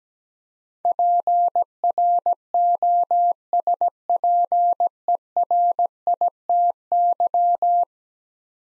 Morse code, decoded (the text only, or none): PROSPERITY